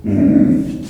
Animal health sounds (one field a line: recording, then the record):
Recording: squeal of a Yucatan mini pig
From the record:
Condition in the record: after surgery on the right vocal fold (resection and tissue-engineered implant)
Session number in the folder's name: 5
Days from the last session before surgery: 33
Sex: female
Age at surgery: 19 weeks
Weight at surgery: 25 kg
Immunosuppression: prednisolone